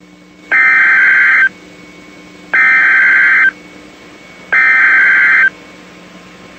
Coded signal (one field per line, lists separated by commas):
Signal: Emergency Alert System (SAME) tones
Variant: header bursts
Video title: Illinois Tornado Warning EAS Moc